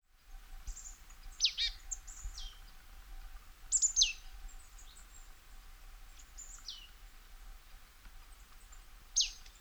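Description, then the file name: Marsh tit calls: sharp, high, downslurred notes given singly or in short clusters at irregular intervals, with fainter notes between. "Poecile palustris"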